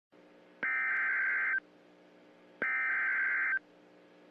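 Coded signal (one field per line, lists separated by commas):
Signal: Emergency Alert System (SAME) tones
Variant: header bursts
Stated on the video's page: Simulated EAS scenario.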